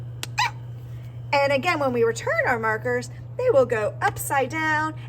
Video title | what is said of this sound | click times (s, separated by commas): How to use markers in the art room | I need to make sure I hear that click do you hear it | 0.2 s, 0.4 s